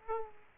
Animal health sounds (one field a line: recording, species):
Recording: mosquito wingbeat signal from an infrared sensor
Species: Aedes aegypti